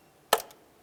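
A click-type torque wrench tightens the camshaft position sensor mounting bolt on a 2009–2020 Dodge Journey to 106 inch-pounds. A sharp, loud click at 0.3 s marks the wrench reaching its setting, followed by a faint tick at 0.5 s. The bolt is torqued to spec.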